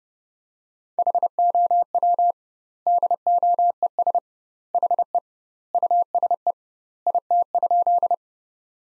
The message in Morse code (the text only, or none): HOW DOES HE USE IT?